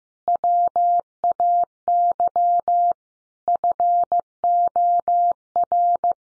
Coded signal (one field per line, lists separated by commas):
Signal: Morse code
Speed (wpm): 15 wpm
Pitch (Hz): 700 Hz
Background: none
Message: WAY FOR